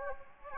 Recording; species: mosquito wingbeat signal from an infrared sensor; Anopheles gambiae